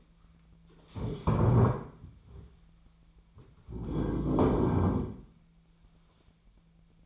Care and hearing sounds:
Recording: daily activity, microphone in the room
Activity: stand up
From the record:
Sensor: 1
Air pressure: 1008.1 hPa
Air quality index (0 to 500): 191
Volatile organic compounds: 17 ppm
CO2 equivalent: 2584 ppm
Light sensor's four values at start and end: 14/37/15/17 and 14/34/14/16

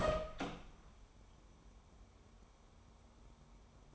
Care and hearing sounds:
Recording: daily activity, microphone in the room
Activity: open door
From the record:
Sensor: 1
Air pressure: 1015.2 hPa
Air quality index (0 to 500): 184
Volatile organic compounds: 17 ppm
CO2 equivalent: 2567 ppm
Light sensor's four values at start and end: 14/33/14/15 and 14/33/14/15

